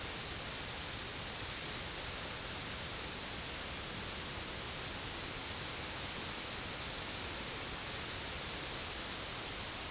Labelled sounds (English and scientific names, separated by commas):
none